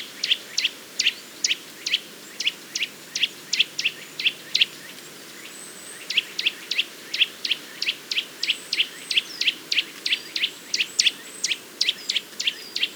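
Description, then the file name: Eurasian nuthatch uttering a rapid run of short sharp call notes, pausing briefly midway, then resuming the quick series until the end. "Sitta europaea"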